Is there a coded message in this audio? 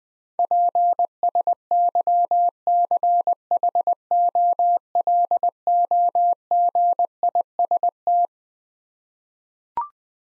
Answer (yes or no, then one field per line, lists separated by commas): yes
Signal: Morse code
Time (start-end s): 0.4-8.3 s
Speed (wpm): 20 wpm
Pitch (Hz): 700 Hz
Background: none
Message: PSYCHOLOGIST